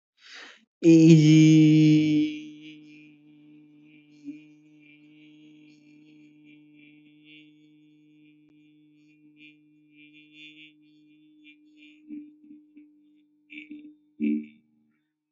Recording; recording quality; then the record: sustained vowel as in beet; excellent, no background noise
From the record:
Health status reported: respiratory illness, not identified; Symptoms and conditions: asthma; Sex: male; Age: 24 years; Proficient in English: yes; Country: India